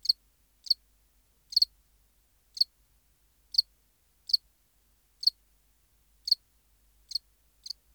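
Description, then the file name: House cricket calling with sharp high chirps at uneven intervals, some doubled. "Acheta domesticus"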